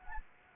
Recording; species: mosquito wingbeat signal from an infrared sensor; Anopheles gambiae